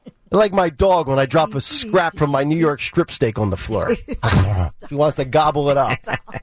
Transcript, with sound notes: like my dog when I drop a scrap from my New York strip steak on the floor. (laughing) She wants to gobble it up.